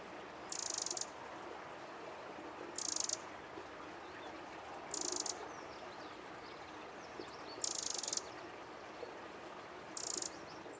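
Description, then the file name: Eurasian wren calls: five harsh, high buzzy bursts, roughly every two to three seconds, over a steady background hiss. "Troglodytes troglodytes"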